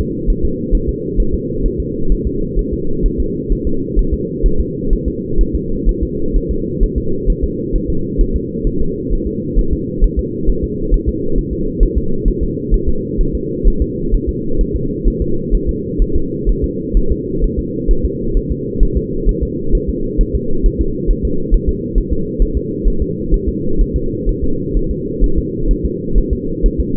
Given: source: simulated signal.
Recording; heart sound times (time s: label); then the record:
fetal heart sounds
0.00 s: S2
0.30 s: S1
0.45 s: S2
0.75 s: S1
0.89 s: S2
1.20 s: S1
1.34 s: S2
1.66 s: S1
1.80 s: S2
2.12 s: S1
2.27 s: S2
2.59 s: S1
2.73 s: S2
3.06 s: S1
3.20 s: S2
3.52 s: S1
3.67 s: S2
3.99 s: S1
4.13 s: S2
4.46 s: S1
4.60 s: S2
4.93 s: S1
5.08 s: S2
5.41 s: S1
5.55 s: S2
5.89 s: S1
6.03 s: S2
6.36 s: S1
6.51 s: S2
6.84 s: S1
6.98 s: S2
7.30 s: S1
7.44 s: S2
7.76 s: S1
7.90 s: S2
8.21 s: S1
8.36 s: S2
8.67 s: S1
8.81 s: S2
9.13 s: S1
9.27 s: S2
9.59 s: S1
9.73 s: S2
10.04 s: S1
10.19 s: S2
10.49 s: S1
10.64 s: S2
10.94 s: S1
11.09 s: S2
11.38 s: S1
11.53 s: S2
11.83 s: S1
11.98 s: S2
12.28 s: S1
12.43 s: S2
12.74 s: S1
12.89 s: S2
13.21 s: S1
13.35 s: S2
13.68 s: S1
13.82 s: S2
14.14 s: S1
14.29 s: S2
14.61 s: S1
14.76 s: S2
15.08 s: S1
15.22 s: S2
15.55 s: S1
15.69 s: S2
16.02 s: S1
16.16 s: S2
16.49 s: S1
16.64 s: S2
16.97 s: S1
17.12 s: S2
17.44 s: S1
17.59 s: S2
17.91 s: S1
18.05 s: S2
18.37 s: S1
18.51 s: S2
18.83 s: S1
18.97 s: S2
19.29 s: S1
19.43 s: S2
19.75 s: S1
19.89 s: S2
20.21 s: S1
20.35 s: S2
20.66 s: S1
20.81 s: S2
21.11 s: S1
21.25 s: S2
21.54 s: S1
21.69 s: S2
21.98 s: S1
22.13 s: S2
22.42 s: S1
22.57 s: S2
22.88 s: S1
23.02 s: S2
23.34 s: S1
23.49 s: S2
23.81 s: S1
23.96 s: S2
24.29 s: S1
24.44 s: S2
24.77 s: S1
24.91 s: S2
25.24 s: S1
25.38 s: S2
25.71 s: S1
25.85 s: S2
26.18 s: S1
26.33 s: S2
26.66 s: S1
26.80 s: S2
From the record:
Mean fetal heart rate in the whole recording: 130 bpm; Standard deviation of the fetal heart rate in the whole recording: 4 bpm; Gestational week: 38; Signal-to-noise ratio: -8.1 dB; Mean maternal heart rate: 72 bpm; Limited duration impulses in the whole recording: absent